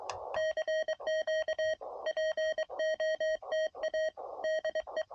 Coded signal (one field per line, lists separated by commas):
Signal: Morse code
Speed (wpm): 23 wpm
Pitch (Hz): 630 Hz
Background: none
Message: CQ POTA DE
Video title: CW POTA Activates Secret Agent